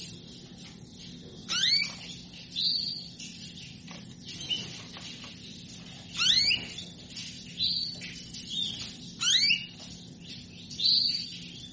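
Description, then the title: Canary calls: sharp upward-sweeping chirps with short buzzy notes after them, given in irregular bursts every second or two, over a faint low hum. Female calling to mate; used to stimulate Belgian canaries into singing. "Canto Para Esquentar Canário Belga. Suara burung kenari betina minta kawin"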